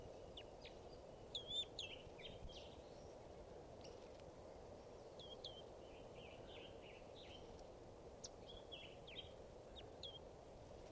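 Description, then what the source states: Crossbill calls: frequent clipped chips in loose bursts throughout, over steady low background noise. Flock of about 10-15 birds interacting in the top of an Apache pine, joining a male, recorded at 6:24.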